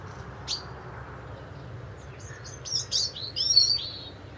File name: Erithacus rubecula